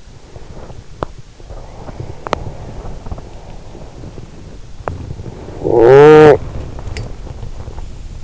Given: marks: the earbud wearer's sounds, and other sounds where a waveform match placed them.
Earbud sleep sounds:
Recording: sounds in sleep by an in-ear microphone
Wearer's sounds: breath, teeth grinding, body movement, talking in sleep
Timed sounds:
0.00-0.90 s: breath
0.90-1.33 s: teeth grinding
1.53-4.65 s: breath
2.16-2.61 s: teeth grinding
3.54-8.24 s: body movement
5.62-6.40 s: talking in sleep
6.83-7.15 s: sound from someone else or the room
7.39-8.24 s: breath

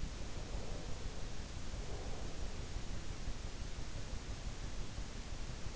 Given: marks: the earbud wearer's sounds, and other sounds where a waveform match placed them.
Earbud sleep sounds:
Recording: sounds in sleep by an in-ear microphone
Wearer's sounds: breath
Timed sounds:
0.47-2.70 s: breath

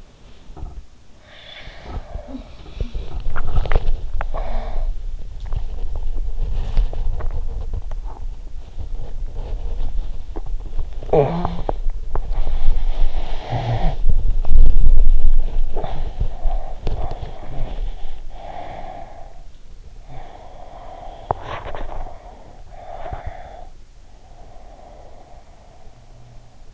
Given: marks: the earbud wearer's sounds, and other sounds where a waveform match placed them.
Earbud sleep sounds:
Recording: sounds in sleep by an in-ear microphone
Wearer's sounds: breath, body movement, talking in sleep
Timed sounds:
0.00-0.93 s: sound from someone else or the room
1.22-3.37 s: breath
1.22-19.51 s: body movement
2.21-5.06 s: sound from someone else or the room
11.00-11.84 s: talking in sleep
12.69-14.17 s: breath
15.56-17.82 s: breath
18.31-21.25 s: breath
20.01-23.76 s: body movement
22.66-26.74 s: breath

